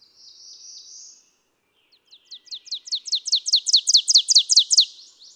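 Ovenbird song: a soft thin buzzy note, then a rapid ringing series of repeated sharp phrases growing louder and louder.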